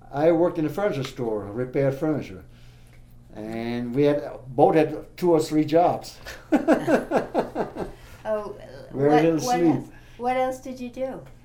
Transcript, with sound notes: I worked in a furniture store, repaired furniture. And we had, both had two or three jobs. ( he laughs ) Work and sleep.
What else did you do?